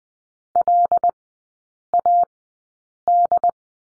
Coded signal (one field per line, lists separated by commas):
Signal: Morse code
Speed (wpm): 20 wpm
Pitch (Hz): 700 Hz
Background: none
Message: LAD